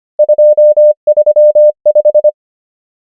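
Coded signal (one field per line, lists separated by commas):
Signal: Morse code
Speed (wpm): 25 wpm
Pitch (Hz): 600 Hz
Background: none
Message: 2 3 5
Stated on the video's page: Morse code practice of numbers, 25 wpm character speed with 24 wpm effective word speed (Farnsworth spacing).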